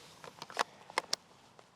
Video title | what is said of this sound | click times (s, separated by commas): A Ruger P90?? | there kind of got to wiggle it around a little bit make sure it clicks in and then you're good to go | 1.1 s